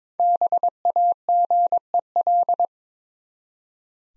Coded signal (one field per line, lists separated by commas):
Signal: Morse code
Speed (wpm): 22 wpm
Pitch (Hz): 700 Hz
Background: none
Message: BAGEL